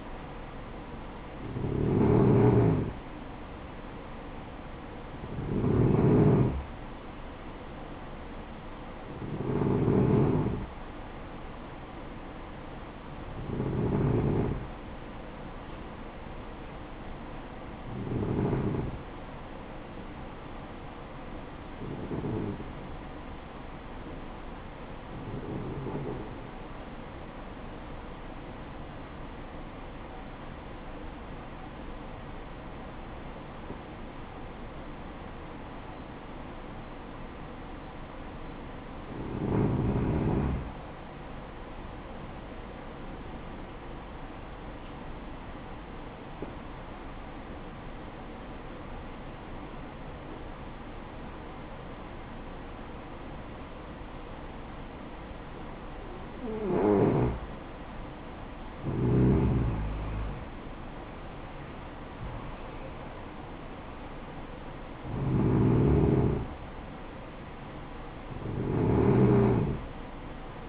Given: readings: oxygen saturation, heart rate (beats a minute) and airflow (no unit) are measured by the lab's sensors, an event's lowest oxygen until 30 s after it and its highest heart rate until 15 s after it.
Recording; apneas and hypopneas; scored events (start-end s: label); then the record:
breathing in sleep by a voice recorder at the bedside; 1
19.00-49.00 s: new sleep stage, N2 (light sleep)
30.00-58.50 s: hypopnea (N2, oxygen 95% highest, then 91% lowest, heart rate 59 at the start, 65 highest)
49.00-70.69 s: new sleep stage, N1 (lightest sleep)
From the record:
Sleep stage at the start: N1 (lightest sleep); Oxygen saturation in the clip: 90 to 95%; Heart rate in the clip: 53 to 65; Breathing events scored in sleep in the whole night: 573 in 9.8 hours asleep